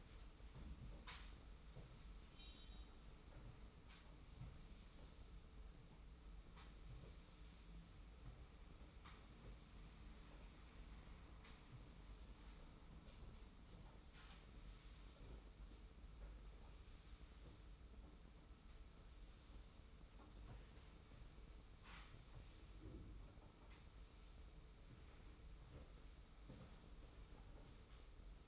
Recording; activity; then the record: daily activity, microphone in the room; sweep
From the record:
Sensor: 1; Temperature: 25.3 degrees Celsius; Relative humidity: 41.5%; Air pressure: 991.4 hPa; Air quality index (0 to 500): 127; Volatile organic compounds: 318 ppm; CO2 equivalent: 4520 ppm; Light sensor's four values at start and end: 42/128/51/53 and 43/131/52/54